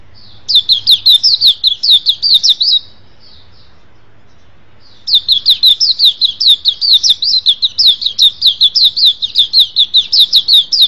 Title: Kicau Kacer Durasi Panjang 1jam Lebih